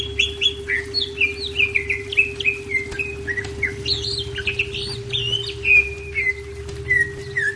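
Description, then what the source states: Leafbird song of rapid, varied whistles and downslurred chirps continuing throughout, over a persistent low rumble and steady hum. Labelled Cucak Ijo 'Daun Kecil'.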